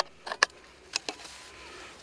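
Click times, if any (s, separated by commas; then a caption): 0.4 s. The spring push-button on an aluminium paddle shaft section for a Savage Gear Bellyboat Highrider 170 is pressed while the section is pushed into the paddle shaft. A sharp click at 0.4 s marks the button snapping into its hole, and two softer clicks follow at about 1.0 and 1.1 s. The paddle sections are latched and locked together.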